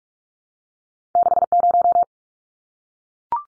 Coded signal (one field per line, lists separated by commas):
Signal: Morse code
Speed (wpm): 44 wpm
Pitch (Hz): 700 Hz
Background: none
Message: 60